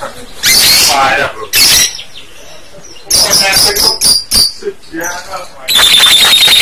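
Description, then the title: Bird song of noisy chattering bursts, scattered high chirps and a steady, high whistled trill at the close. Bird sound used for training songbirds to sing (masteran). "MASTERAN BURUNG"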